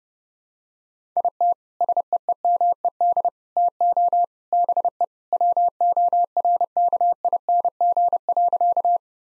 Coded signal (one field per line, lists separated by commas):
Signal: Morse code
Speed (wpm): 30 wpm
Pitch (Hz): 700 Hz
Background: none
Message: IT SEEMED TO BE WORKING.